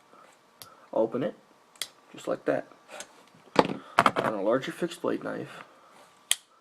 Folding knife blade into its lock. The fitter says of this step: open it you'll hear it lock